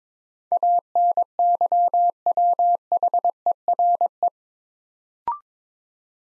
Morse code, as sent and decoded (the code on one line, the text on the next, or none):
.- -. -.-- .-- .... . .-. .
ANYWHERE